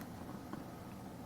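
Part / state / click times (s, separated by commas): internal battery assembly into toothbrush handle / seated / 0.5 s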